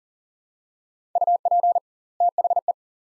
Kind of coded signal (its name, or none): Morse code